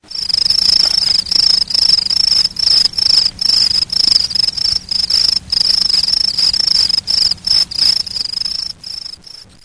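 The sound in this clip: Crickets chirping in high, shrill pulsed bursts, a few per second, almost continuous with brief irregular gaps throughout.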